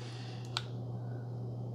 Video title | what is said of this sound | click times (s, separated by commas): UNBOXING Mr Coffee Frappe Single Serve ICED AND HOT COFFEE MAKER BLENDER | If that tab was down a little better, you would hear it better. | 0.6 s